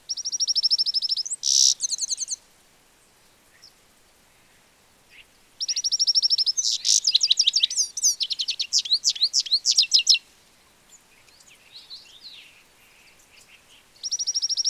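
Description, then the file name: European goldfinch uttering fast, high trilled bursts and tinkling, varied twitters in several bouts separated by short silences, plus a few faint chips between them. "Carduelis carduelis"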